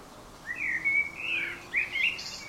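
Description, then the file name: Common blackbird singing one brief phrase of smooth, mellow whistled notes sliding up and down, ending with a faint thin high squeak. "Turdus merula"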